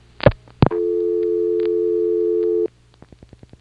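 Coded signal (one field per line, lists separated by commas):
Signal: telephone call progress tone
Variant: North America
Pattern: dial tone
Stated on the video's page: Call progress tone heard through a motel PBX, NX1 exchange in Siler City NC, 1977.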